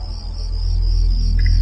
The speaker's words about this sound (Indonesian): Suara jangkrik sangat terdengar nyaring sekali.